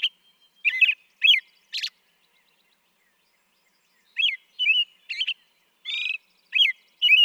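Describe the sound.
American robin song, a few whistled notes and a high squeak, a silent break, then a longer phrase of warbling syllables.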